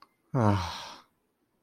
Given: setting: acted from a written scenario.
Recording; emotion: vocal sound without words; disappointment